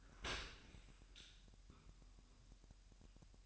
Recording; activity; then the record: daily activity, microphone in the room; open dishwasher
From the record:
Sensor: 2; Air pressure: 1000.5 hPa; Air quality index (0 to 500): 247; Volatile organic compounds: 93 ppm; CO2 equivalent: 3707 ppm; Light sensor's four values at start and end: 9/21/9/9 and 9/21/9/9